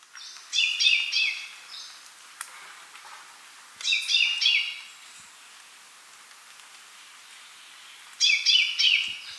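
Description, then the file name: Common chaffinch song: three quick phrases of fast chirping notes, each about a second long and separated by pauses, with faint background hiss between them. "Fringilla coelebs"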